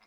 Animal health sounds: pig call; piglet (1 to 25 days)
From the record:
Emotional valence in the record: positive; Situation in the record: short reunion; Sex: female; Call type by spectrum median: low-frequency call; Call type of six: low-frequency tonal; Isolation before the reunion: 3 minutes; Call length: 0.07 s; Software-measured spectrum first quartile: 1259 Hz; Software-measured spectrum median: 2206 Hz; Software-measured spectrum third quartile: 4186 Hz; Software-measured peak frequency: 2068 Hz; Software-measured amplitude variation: 7 dB a second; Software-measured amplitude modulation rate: 7.5 a second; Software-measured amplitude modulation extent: 1.0 dB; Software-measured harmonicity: -1.5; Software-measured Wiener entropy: -0.99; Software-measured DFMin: 453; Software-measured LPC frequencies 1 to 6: 947, 2149, 3757, 5062, 7238, 8073 Hz

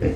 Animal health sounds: pig call; growing-finishing pig (85 days or more)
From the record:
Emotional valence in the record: negative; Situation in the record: barren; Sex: female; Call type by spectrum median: low-frequency call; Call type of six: low-frequency stable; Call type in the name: low-frequency stable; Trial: 4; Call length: 0.16 s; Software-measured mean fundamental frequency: 43 Hz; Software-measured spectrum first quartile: 119 Hz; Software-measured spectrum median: 273 Hz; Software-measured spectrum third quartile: 467 Hz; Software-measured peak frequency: 82 Hz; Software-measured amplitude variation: 103 dB a second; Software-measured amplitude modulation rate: 15.9 a second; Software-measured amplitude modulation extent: 6.4 dB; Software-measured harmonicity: -1.6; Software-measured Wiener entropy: -0.76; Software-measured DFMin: 1312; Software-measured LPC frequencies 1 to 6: 452, 1817, 2578, 4230, 4914, 5909 Hz

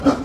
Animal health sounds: pig call; growing-finishing pig (85 days or more)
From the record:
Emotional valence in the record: positive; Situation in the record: run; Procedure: transit

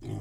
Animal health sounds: pig call; weaner (32 to 43 days)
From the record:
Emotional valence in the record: positive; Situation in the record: positive conditioning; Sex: female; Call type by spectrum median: low-frequency call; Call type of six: low-frequency stable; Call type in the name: low-frequency stable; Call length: 0.22 s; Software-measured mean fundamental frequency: 51 Hz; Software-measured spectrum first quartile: 111 Hz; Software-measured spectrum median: 203 Hz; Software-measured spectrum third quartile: 433 Hz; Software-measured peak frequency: 119 Hz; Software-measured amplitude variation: 139 dB a second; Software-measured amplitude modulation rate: 16.2 a second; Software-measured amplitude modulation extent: 8.6 dB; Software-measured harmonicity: -1.6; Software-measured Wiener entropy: -0.10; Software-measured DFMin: 1227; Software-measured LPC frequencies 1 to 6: 2104, 3177, 3933, 5003, 5852, 6552 Hz

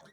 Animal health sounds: pig call; piglet (1 to 25 days)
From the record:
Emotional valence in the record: negative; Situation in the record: long isolation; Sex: male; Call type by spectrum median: low-frequency call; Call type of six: low-frequency tonal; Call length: 0.13 s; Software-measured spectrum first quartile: 502 Hz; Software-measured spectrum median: 1100 Hz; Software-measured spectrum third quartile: 2562 Hz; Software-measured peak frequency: 659 Hz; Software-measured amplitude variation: 62 dB a second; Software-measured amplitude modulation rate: 3.9 a second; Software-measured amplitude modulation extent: 16.0 dB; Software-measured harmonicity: 2.5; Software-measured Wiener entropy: -1.58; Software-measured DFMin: 1412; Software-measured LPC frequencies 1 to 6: 627, 1339, 1829, 3502, 3922, 5689 Hz

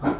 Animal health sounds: pig call; growing-finishing pig (85 days or more)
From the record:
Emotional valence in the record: positive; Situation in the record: run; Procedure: transit

